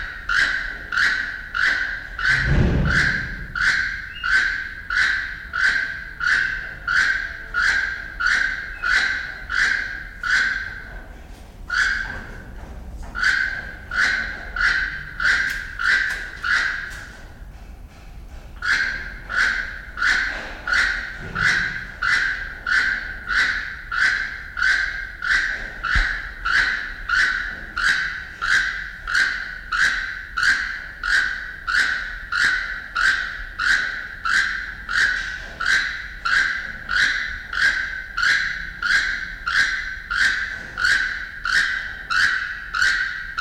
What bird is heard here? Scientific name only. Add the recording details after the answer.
Ramphastos sulfuratus. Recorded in captivity. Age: adult. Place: Zoo Berlin, Berlin, DE. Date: 1993-01-16 11:52. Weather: 10-14 °C, sonnig. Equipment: Marantz CP 430, Sennheiser ME 80, Kopie Uher Variocord 263. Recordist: Tembrock, Günter